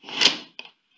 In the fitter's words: but if I use the spacer it locks into position